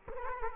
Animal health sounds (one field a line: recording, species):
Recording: mosquito wingbeat signal from an infrared sensor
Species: Culex quinquefasciatus